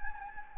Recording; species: mosquito wingbeat signal from an infrared sensor; Anopheles gambiae